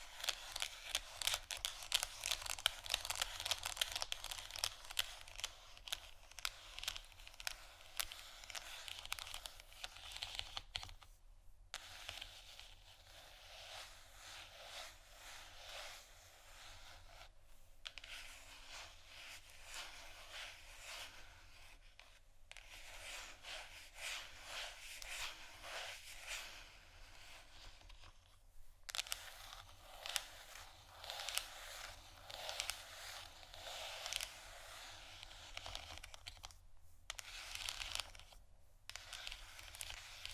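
Scratching and tapping on canisters, a dense, continuous stream of fine, bright scraping with quick irregular taps mixed in. The texture stays steady throughout, broken by brief pauses near 11, 17, 28 and 37 seconds, with a faint low hum underneath.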